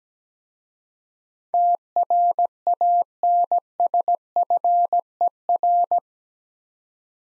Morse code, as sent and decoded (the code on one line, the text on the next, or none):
- .-. .- -. ... ..-. . .-.
TRANSFER